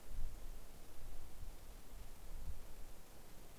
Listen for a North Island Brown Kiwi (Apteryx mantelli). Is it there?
no